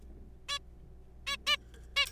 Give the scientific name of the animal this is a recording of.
Taeniopygia guttata